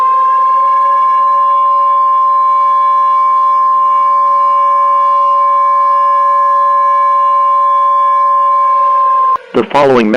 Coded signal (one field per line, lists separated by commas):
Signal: Emergency Alert System (SAME) tones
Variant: 853 and 960 Hz attention tone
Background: speech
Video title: Eas in Popular Culture: Infinite Tsukuyomi